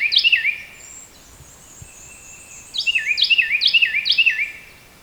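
Carolina wren giving a short burst, then after a quiet gap with faint high notes, a longer run of several repeated ringing whistled phrases.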